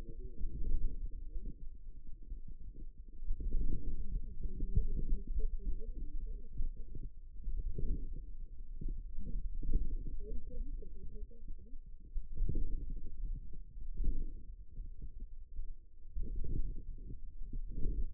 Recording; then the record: forearm muscle sounds (acoustic myography)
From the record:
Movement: outward rotation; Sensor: system 2, bracelet of six BSWA MPA416 microphones around the upper forearm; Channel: 4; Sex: female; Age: 21 years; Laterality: right